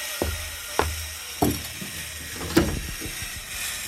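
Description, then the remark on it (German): A saw rasps through wood in about six rough, scratchy strokes, each about half a second apart, with a steady hiss between them and no talking. “Ich glaube, du musst dir noch eine zweite Säge kaufen, damit du genug Lärm machen kannst.”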